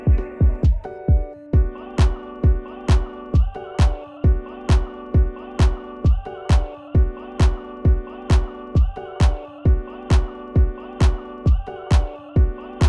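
A heartbeat: steady, deep lub-dub thumps repeat in even pairs at about 65 beats a minute, with a regular rhythm. A sustained tonal hum sits underneath the beats throughout.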